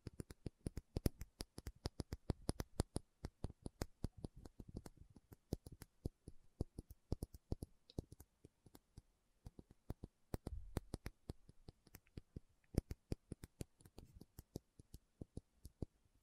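A tapping session of sharp, crisp taps, fired off in quick, uneven bursts with a few brief pauses. The taps are bright and clicky, and now and then a softer, deeper thump sits beneath them, most noticeably around the tenth and eleventh seconds.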